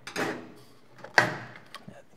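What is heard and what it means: A plastic part is pressed down into a megaphone housing during reassembly, with some scraping and handling noise at first. It snaps into place with a sharp, loud click at 1.2 s, and the part is seated.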